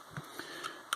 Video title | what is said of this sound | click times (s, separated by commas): Marvel Legends BAF Juggernaut from Hasbro | will hear it a nice little click and | 0.9 s